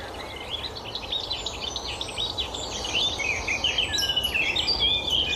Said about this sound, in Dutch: Het is een zwartkop. Ja, het is een zwartkop.